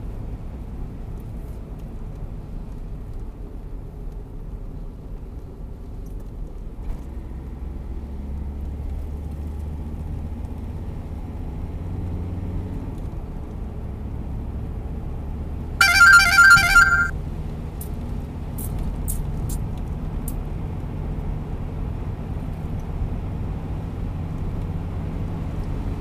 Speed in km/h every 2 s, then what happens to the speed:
60, 53, 47, 47, 53, 59, 65, 70, 74, 77, 80, 83, 88.
0-6 slows to 47. 6-26 speeds up to 88.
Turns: none.